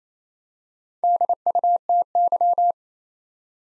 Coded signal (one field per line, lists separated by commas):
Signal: Morse code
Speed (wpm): 27 wpm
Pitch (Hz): 700 Hz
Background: none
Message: DUTY